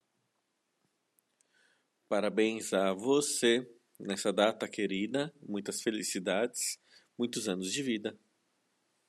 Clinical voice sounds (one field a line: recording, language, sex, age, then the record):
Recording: short text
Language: Brazilian Portuguese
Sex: male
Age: 40 to 49 years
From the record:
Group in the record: control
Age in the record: 46 years